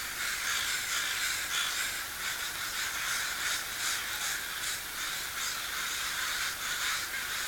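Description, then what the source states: Crow calling with quick, harsh, irregular caws against a strong continuous hiss. Recorded at sea.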